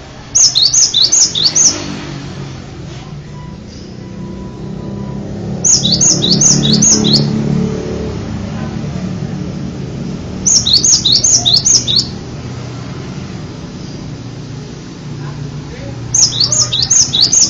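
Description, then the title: Bird song: four well-spaced bursts of high, rapid whistled notes, several seconds apart, with passing traffic rumbling in the background. "kikicau"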